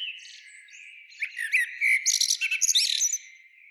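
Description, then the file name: Common blackbird: a soft low warble that quickly swells into a packed burst of high squeaky twitters. "Turdus merula"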